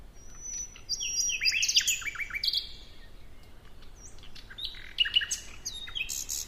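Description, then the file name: Common nightingale song: a long thin whistle, then a series of descending slurred notes, followed by quieter chirps and short trills. "Luscinia megarhynchos"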